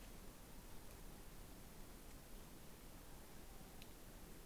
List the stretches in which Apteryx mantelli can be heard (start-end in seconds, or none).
none